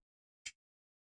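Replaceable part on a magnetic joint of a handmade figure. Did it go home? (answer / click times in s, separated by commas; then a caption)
yes / 0.5 s. A replaceable part of a handmade figure is fitted onto its magnetic joint, which is used so the parts can be swapped. After near silence, one sharp, bright snap rings out at 0.5 s and fades within a few hundredths of a second. The part is seated in place.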